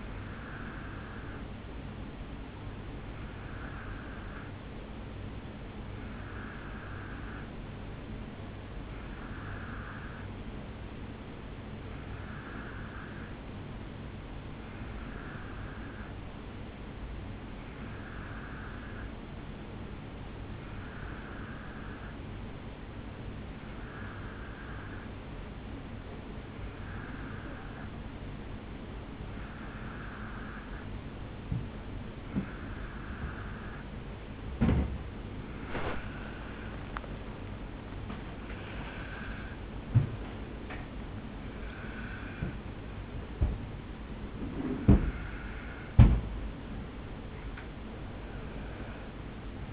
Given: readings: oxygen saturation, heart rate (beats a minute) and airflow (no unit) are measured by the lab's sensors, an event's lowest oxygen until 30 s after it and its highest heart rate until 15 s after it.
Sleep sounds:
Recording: breathing in sleep by a voice recorder at the bedside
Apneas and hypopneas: none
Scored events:
none scored
From the record:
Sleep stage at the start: N2 (light sleep)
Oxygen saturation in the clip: 89 to 90%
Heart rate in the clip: 63 to 69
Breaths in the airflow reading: 17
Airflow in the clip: -5.0 to 3.4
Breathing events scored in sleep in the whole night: 449 in 7.0 hours asleep

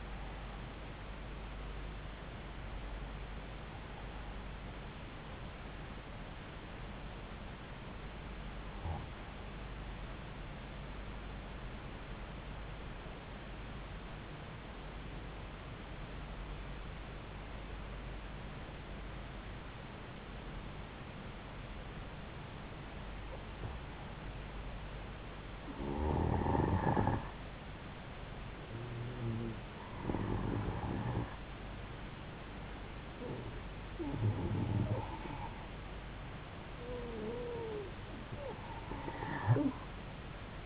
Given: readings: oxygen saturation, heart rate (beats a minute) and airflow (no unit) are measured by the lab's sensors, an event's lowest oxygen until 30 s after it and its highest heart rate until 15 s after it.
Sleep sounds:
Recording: breathing in sleep by a voice recorder at the bedside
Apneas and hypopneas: 1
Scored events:
7.00-26.70 s: obstructive apnea (N2, oxygen 96% highest, then 91% lowest)
From the record:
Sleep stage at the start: N2 (light sleep)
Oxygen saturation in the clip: 90 to 96%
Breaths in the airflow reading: 4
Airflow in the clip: -3.6 to 4.3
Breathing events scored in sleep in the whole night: 270 in 6.1 hours asleep

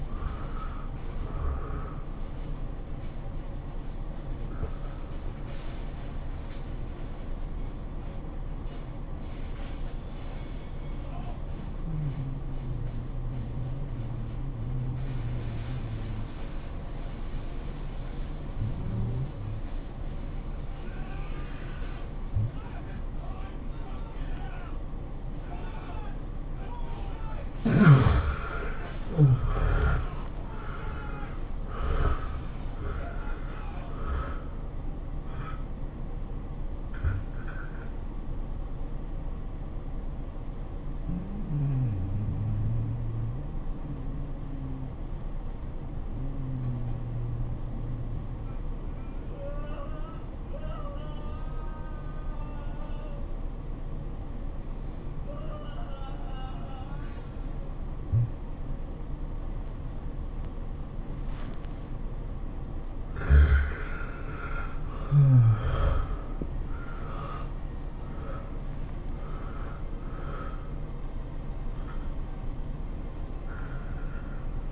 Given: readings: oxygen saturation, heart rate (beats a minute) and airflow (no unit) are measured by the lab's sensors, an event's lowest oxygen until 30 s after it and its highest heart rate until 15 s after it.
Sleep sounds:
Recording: breathing in sleep by a smartphone at the bedside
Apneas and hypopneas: 2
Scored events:
7.00-29.10 s: hypopnea (N1, oxygen 96% highest, then 75% lowest, heart rate 82 at the start, 105 highest)
42.00-63.60 s: obstructive apnea (N1, oxygen 93% highest, then 75% lowest, heart rate 81 at the start, 107 highest)
46.00-74.72 s: new sleep stage, N2 (light sleep)
From the record:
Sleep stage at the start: N1 (lightest sleep)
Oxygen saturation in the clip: 75 to 96%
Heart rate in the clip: 76 to 107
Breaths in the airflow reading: 11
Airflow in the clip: -22.1 to 15.7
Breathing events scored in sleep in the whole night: 403 in 5.5 hours asleep

